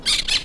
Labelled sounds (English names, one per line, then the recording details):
Brown-throated Parakeet contact call
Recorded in La Tortuga
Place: Isla La Tortuga
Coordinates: 10.925, -65.258